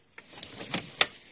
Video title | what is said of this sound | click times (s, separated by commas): TUTO : PEUGEOT 807 VIDANGE MOTEUR/REMPLACEMENT DE TOUS LES FILTRES ! | Donc bien clipsé, il faut bien que j'entende que ça se clipse dedans, dans les raccords. | 1.0 s